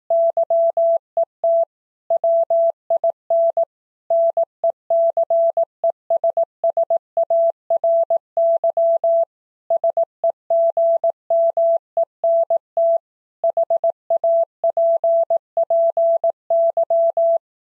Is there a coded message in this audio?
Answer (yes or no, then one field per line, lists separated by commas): yes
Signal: Morse code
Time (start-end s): 0.1-17.4 s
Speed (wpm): 18 wpm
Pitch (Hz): 670 Hz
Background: none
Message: YET WIN NECESSARY SEGMENT HAPPY